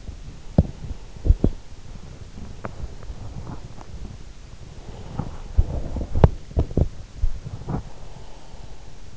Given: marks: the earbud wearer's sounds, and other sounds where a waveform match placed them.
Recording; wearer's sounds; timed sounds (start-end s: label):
sounds in sleep by an in-ear microphone; body movement, breath
0.08-1.95 s: body movement
4.84-5.56 s: breath
5.56-7.96 s: body movement
7.38-9.17 s: breath